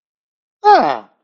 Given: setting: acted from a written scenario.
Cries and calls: vocal sound without words; positive surprise

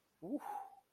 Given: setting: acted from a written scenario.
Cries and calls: vocal sound without words; relief

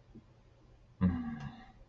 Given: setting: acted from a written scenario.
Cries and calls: vocal sound without words; sympathy

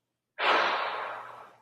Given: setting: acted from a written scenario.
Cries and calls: vocal sound without words; shame

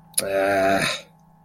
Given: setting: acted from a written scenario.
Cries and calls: vocal sound without words; disappointment

